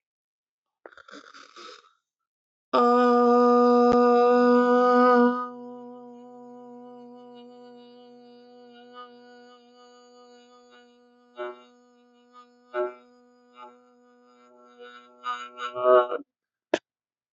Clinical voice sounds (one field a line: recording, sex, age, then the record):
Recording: vowel held as long as possible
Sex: female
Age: 20 to 29 years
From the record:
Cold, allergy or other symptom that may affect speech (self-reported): no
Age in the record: 28 years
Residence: Alabama, United States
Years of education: 13